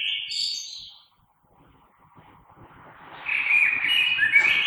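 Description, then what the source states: Common blackbird song, with a short fluty phrase at the start, near silence, then a longer warbled phrase rising in at the end, faint low rumble beneath. Recorded 3 March 2020.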